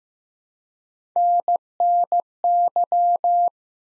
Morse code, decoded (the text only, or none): NNY